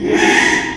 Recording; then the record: squeal of a Yucatan mini pig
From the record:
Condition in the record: after surgery on the right vocal fold (resection and tissue-engineered implant); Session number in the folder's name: 4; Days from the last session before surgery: 42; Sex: male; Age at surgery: 12 weeks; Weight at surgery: 13 kg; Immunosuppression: cyclosporine, prednisolone